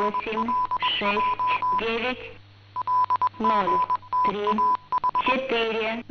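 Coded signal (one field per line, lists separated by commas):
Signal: numbers station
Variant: S06s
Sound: short spoken words read out at an even pace, with a choppy 1 kHz tone between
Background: radio static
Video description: Message: 77659 98587 76869 03428 60211 90727 72333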